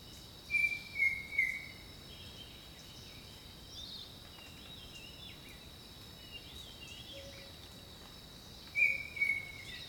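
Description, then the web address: Bird whistles: a group of three early on and a few more near the end, with long quiet stretches of high insect drone between. Jungle setting. "Echoes of Nature - Jungle Talk 01 Jungle Birdsong"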